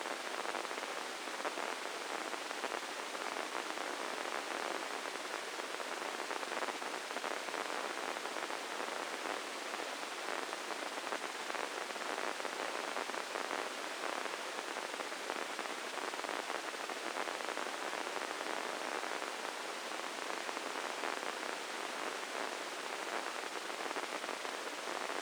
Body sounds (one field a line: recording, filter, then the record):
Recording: brain microelectrode recording played as sound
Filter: spike band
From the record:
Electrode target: subthalamic nucleus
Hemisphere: left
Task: reaching with the right hand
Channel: 1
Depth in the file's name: 4.826 mm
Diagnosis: Parkinson's disease